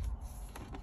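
A plastic dash trim piece is pushed back into its clips on a truck dashboard, and it pops into place with sharp clicks at 0.6 s and 0.8 s. The trim piece is seated.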